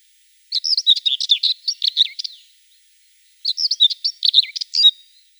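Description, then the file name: Common whitethroat song: two rapid, scratchy warbled phrases of about two seconds each, with a brief gap between them. "Slavka seraja"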